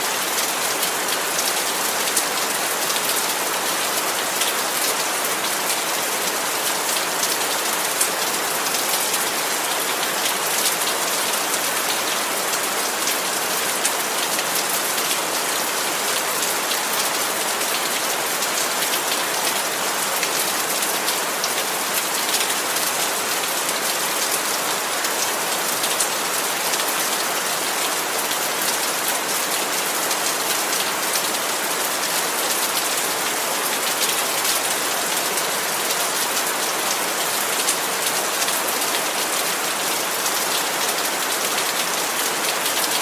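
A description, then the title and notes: Rain falls steadily and densely, a bright hiss of countless drops hitting a surface with no pauses or swells. The sound holds at an even level for the whole stretch, with little low rumble underneath. Perfect Rain Sounds.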